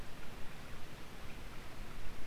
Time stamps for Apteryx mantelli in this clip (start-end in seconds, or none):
none